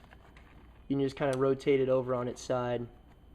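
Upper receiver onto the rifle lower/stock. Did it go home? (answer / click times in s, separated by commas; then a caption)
no / none. An MSAR STG 556 upper receiver is handled and rotated onto its side over the rifle lower/stock while someone talks, with a few faint ticks near 0.1, 0.4 and 3.4 s. The upper is not yet home; nothing has seated or clicked yet.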